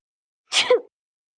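A single brief, hissy burst ending in a voiced "choo", an acted adult sneeze.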